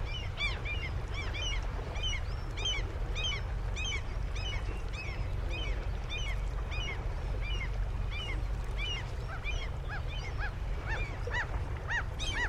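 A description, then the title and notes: Seagulls call over and over in a dense, steady chorus, their bright, arching cries repeating every half second or so throughout. A constant low rumble, like wind or surf, fills the background beneath the birds. Seagulls.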